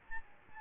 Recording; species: mosquito wingbeat signal from an infrared sensor; Aedes albopictus